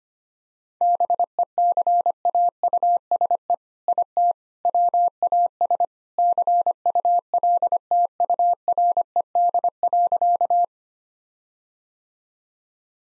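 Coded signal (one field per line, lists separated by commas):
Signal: Morse code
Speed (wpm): 25 wpm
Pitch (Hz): 700 Hz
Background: none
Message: BECAUSE IT WAS CULTURED.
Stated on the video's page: Morse practice set at 25 wpm using jokes for contextual priming.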